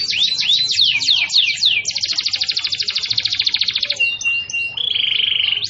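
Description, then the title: Canary song of repeated swooping notes followed by a fast buzzy trill, then a brief sweep and a steady high whistled tone. Title describes the canary as singing vigorously and persistently (gacor). "Kenari Gacor"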